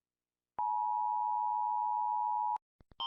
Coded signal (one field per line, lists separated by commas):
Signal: Emergency Alert System (SAME) tones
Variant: 853 and 960 Hz attention tone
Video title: Reacting to EAS alarms not my channel